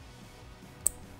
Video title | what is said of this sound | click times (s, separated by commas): Harley Touring BAD DAD Competition Series Speaker Lids Install | till you hear it click just give it a slight tug make sure it's secured | 0.9 s